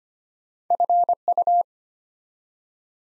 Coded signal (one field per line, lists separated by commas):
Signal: Morse code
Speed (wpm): 25 wpm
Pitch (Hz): 700 Hz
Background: none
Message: FU